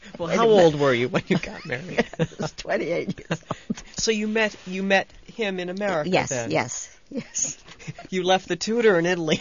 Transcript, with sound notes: Well, how old were you when you got married?
I was twenty-eight. ( they laugh )
So you met, you met him in America then.
Yes, yes, yes.
You left the tutor in Italy.